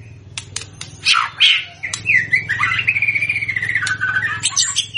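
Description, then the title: White-rumped shama song: sharp clicks, then loud rich phrases and a long warbling whistled run wavering between high and middle pitch, with a steady low hum underneath. Used as a lure recording to make shamas respond; described as gacor, meaning singing vigorously and continuously. "PANCINGAN MEWAH MURAI BATU GACOR, SEKALI DENGAR AMPUH LANGSUNG RESPON"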